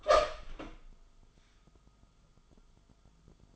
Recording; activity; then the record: daily activity, microphone in the room; open door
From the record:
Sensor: 5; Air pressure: 1005.0 hPa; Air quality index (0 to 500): 100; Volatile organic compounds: 2 ppm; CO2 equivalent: 1220 ppm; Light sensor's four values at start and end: 34/79/32/30 and 34/79/32/30